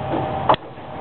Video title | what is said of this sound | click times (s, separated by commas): FUELCEL CAP REBUILD.MOV | when the bell is not in the tank and then you should hear a nice click | 0.5 s